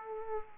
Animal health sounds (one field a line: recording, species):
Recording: mosquito wingbeat signal from an infrared sensor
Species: Aedes aegypti